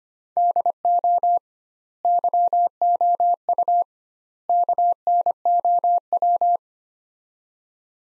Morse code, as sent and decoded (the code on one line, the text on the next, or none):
-.. --- / -.-- --- ..- / -.- -. --- .--
DO YOU KNOW